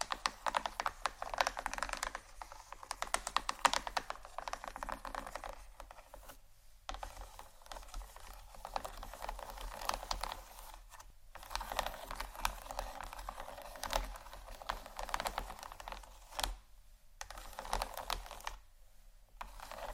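Gentle scratching goes on almost without a break, a dense run of quick, fine, crisp strokes concentrated in the upper range. It pauses briefly around 6.5, 11, 16.5 and 19 seconds, and a faint low hum sits underneath throughout.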